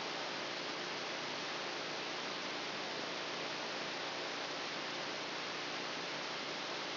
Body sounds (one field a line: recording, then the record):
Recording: brain microelectrode recording played as sound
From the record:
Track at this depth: outside the subthalamic nucleus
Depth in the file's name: 5.305 mm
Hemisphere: left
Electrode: 2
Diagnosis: Parkinson's disease